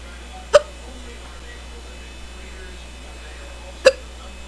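Two abrupt, sharp hiccups about three seconds apart over a quiet background: an ongoing, strong bout of hiccups in an adult, painful in the throat.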